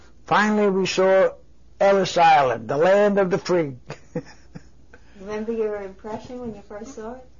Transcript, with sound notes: Finally we saw Ellis Island, the Land of the Free. (he laughs)
Remember your impression when you first saw it?